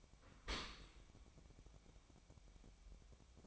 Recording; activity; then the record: daily activity, microphone in the room; open dishwasher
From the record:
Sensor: 1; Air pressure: 1003.2 hPa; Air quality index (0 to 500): 196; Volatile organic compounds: 6 ppm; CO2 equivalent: 1878 ppm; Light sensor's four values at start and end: 29/72/30/37 and 29/71/30/37